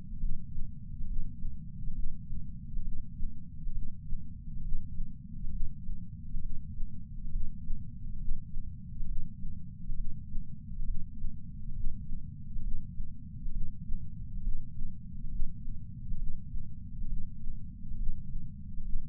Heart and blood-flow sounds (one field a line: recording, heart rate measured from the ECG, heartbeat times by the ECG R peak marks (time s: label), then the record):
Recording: heart sounds by patch sensor on the chest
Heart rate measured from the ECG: 68 bpm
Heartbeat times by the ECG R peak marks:
0.18 s: heartbeat
1.05 s: heartbeat
1.93 s: heartbeat
2.82 s: heartbeat
3.72 s: heartbeat
4.61 s: heartbeat
5.50 s: heartbeat
6.40 s: heartbeat
7.30 s: heartbeat
8.17 s: heartbeat
9.05 s: heartbeat
9.95 s: heartbeat
10.84 s: heartbeat
11.73 s: heartbeat
12.61 s: heartbeat
13.51 s: heartbeat
14.41 s: heartbeat
15.29 s: heartbeat
16.17 s: heartbeat
17.07 s: heartbeat
17.96 s: heartbeat
18.82 s: heartbeat
From the record:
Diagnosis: coronary artery disease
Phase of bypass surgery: preoperative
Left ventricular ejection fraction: 49.7%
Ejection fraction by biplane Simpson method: 49.4%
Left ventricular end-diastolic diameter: 55 mm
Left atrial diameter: 34 mm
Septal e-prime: 3.2 cm/s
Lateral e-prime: 4.4 cm/s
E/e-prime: 15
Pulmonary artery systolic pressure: 25 mmHg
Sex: female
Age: 70 years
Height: 152 cm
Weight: 65 kg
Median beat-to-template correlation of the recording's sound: 0.92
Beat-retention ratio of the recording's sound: 0.97